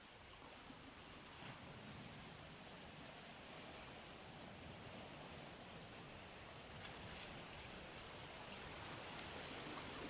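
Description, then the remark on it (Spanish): Sea waves of Almería wash steadily onto the shore in a continuous roaring hiss with a low rumble underneath, swelling slightly now and then. No voices are heard. “Las olas del mar de Almería.”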